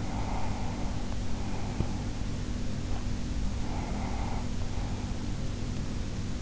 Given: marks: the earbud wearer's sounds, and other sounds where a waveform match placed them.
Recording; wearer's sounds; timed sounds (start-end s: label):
sounds in sleep by an in-ear microphone; breath
0.00-2.45 s: breath
3.74-6.23 s: breath